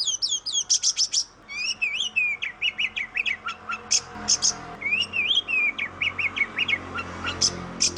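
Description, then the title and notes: Oriental magpie-robin song, a rapid varied stream of sharp whistles, slurred rising notes and harsh chirps with only brief pauses. Oriental magpie-robin song, called kacer locally. "suara kacer. suara burung kacer"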